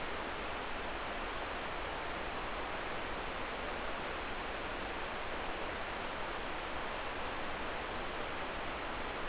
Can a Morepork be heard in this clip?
no